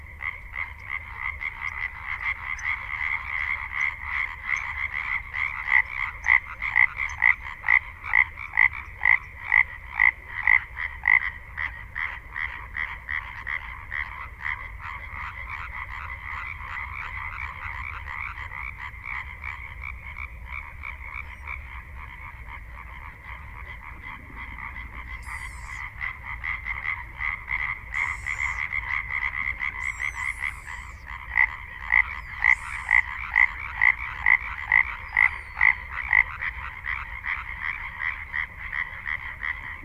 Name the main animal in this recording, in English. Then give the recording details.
Common Tree Frog. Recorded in the wild. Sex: male. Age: adult. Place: Kützerhof, Kummerower See, Mecklenburg-Vorpommern, DE. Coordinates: 53.8542, 12.8578. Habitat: wetland. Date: 2010-04-13 23:00. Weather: klare Nacht, 8°C, windstill, Wassertemperatur 10°C. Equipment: Sound Devices 702, zwei Sennheiser MKH 40, Rycote Windschutz. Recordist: Frommolt, Karl-Heinz. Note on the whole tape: Polder Große Rosin vor Pappelreihe: Rufe von Laubfröschen. Tiere rufen im Gewässer